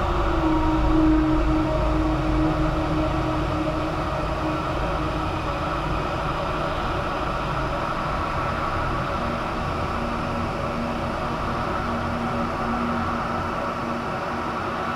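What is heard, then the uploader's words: A cavernous, empty space fills with a steady, dense low rumble, like a train or machinery droning on. Several held humming tones sit inside the roar. It is a little louder during the first few seconds, then settles into an even, unchanging drone. EmptyWarehouse. Large Spaced Cavernous Emptiness.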